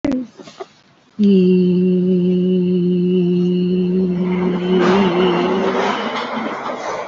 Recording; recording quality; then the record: sustained vowel as in beet; moderate, slight background noise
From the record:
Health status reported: COVID-19 positive, mild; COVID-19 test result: positive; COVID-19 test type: RT-PCR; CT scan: taken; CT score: 5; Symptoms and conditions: cough, breathing difficulty, sore throat, fatigue, muscle pain, loss of smell and taste, hypertension, another condition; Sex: female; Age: 75 years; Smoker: no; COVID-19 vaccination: both doses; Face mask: not worn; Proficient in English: yes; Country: India